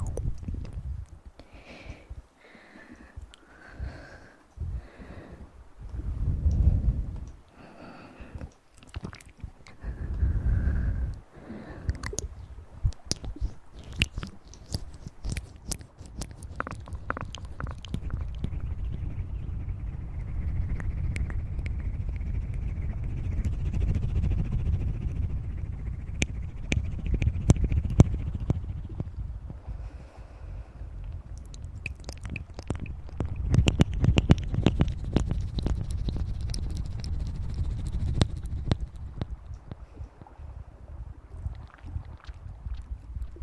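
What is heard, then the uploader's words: Mouth sounds and breathing: wet clicks, smacks and chewing-like ticks scattered throughout, dense in bursts. Low, rushing breaths swell around 6 and 11 seconds, then a longer steady stretch of breathy rumble from about 17 to 40 seconds with faint whistling tones. Mouth Sounds & Breathing.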